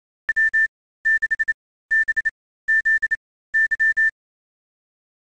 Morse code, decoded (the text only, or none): W6BZY